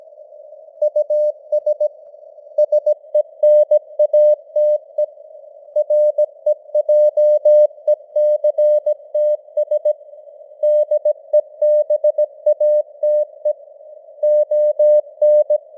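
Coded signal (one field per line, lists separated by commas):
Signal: Morse code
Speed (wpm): 17 wpm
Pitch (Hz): 600 Hz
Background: none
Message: US SENATE REJECTS DEBATE ON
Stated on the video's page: Simulated news headlines in Morse at 17 wpm with artificial radio noise and varying signal strength (QSB).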